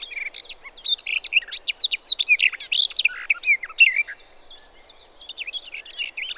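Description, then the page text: Garden warbler song: a hurried babbling run of varied whistles and chirps for about four seconds, then softer, thinner notes trailing off. "Голоса живой природы(Tony Whitehead) - Славка садовая"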